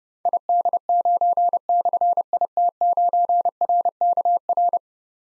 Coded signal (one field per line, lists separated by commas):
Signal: Morse code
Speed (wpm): 28 wpm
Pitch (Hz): 700 Hz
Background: none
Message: ID9/IT9RKR